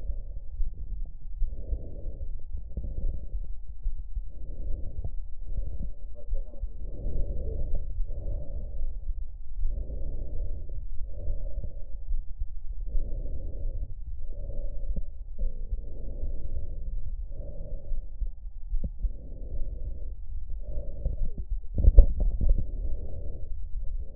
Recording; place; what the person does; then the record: lung sounds by stethoscope; left posterior apical chest; quiet breathing, then deep breathing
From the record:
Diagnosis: asthma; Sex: female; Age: 56 years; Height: 161 cm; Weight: 85 kg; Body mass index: 32.8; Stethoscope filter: extended mode